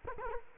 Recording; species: mosquito wingbeat signal from an infrared sensor; Culex quinquefasciatus